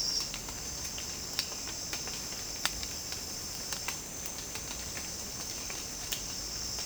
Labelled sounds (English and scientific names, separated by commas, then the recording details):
none
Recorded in secondary vegetation near Puerto Asís, Putumayo, Colombia, on 12 March 2025 at 09:30
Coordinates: 0.485, -76.322
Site G040